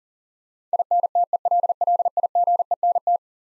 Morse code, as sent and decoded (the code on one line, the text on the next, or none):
.. -. - . .-.. .-.. .. --. . -. -
INTELLIGENT